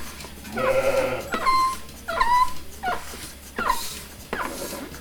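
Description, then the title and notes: Sheep bleating: a harmonic bleat at the start, followed by several shorter calls. Field recording in a sheepfold at Gramaços, Oliveira do Hospital, during the daily milking of about 30 sheep. "ordenha (gramaços, oliveira do hospital). Ovelhas # 2 (Ordenha). gravacao de campo num redil de ovelhas, em gramacos, oliveira do hospital, aquando da ordenha diaria a cerca de 30 ovelhas"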